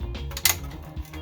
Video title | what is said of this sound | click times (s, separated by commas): Installing of the Arctic Freezer 50 TR - How To - JoeteckTips | On the bottom here, it clips in, | 0.4 s